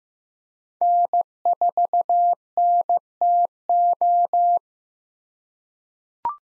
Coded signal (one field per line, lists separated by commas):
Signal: Morse code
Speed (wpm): 15 wpm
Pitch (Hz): 700 Hz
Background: none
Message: N4NTO